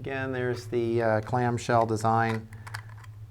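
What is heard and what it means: Someone talks while the plastic top cover of an NXP HoverGames drone kit flight controller's clamshell case is handled over its base, with a couple of faint, sharp taps near 2.7 s as talking gives way to quiet handling. The cover has not yet snapped shut, and nothing has seated or clicked.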